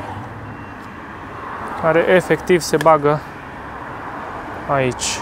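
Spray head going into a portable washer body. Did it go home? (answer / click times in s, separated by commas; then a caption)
no / none. The spray head of a portable pressure washer or sprayer is picked up and lined up with its socket on the washer body before being pushed in. Someone talks over steady low background noise, with a brief hiss near the end. Nothing has seated or clicked yet.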